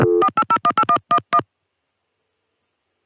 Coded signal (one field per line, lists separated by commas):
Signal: DTMF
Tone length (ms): 70 ms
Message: 48018111